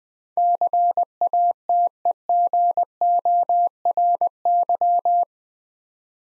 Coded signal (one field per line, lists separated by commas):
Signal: Morse code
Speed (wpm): 21 wpm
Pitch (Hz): 700 Hz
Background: none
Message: CATEGORY